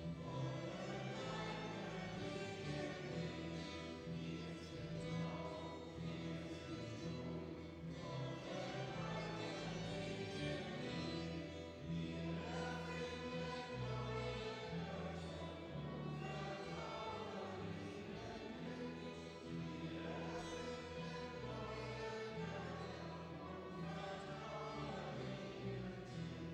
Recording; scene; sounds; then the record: everyday scene through a hearing-aid microphone; reverberant space; music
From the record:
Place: church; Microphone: in the ear canal, left